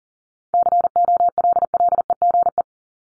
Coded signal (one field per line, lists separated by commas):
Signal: Morse code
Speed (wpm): 40 wpm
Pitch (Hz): 700 Hz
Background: none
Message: COLLEGE